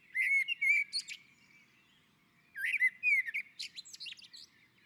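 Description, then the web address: Common blackbird sings two phrases, each a low mellow whistle run that breaks into a shrill, chattering flourish. On a roof. "sammel Naturinspelningar Koltrast på taket"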